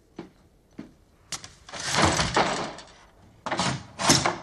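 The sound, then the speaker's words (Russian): Two soft knocks, then a waiter slides and swings the dining hall doors shut with a broad scraping rush, followed by a heavier clunk and rattle as a U-shaped object is dropped across the handles to bar them. “Закрывает их, запирает, опустив на ручки П-образный предмет.”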